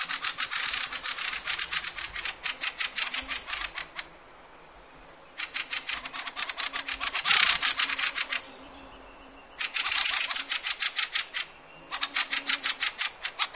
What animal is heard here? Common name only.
Fieldfare